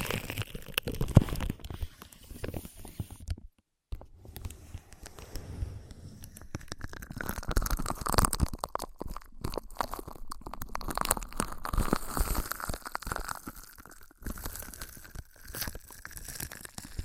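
Ear massage and cleaning sounds: dense, irregular rubbing, crinkling and crunching textures that rise and fall throughout. A brief total silence breaks it around the four-second mark, then the scratchy rubbing resumes with short bright swipes and occasional soft thumps.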